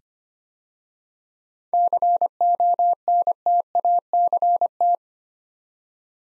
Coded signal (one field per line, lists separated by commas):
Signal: Morse code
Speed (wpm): 25 wpm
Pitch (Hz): 700 Hz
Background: none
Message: CONTACT